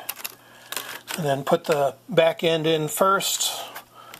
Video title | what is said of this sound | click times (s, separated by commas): Replacing a Keyboard on a Lenovo T410 Laptop | Alright, get it lined up, it snaps right in place. | 0.1 s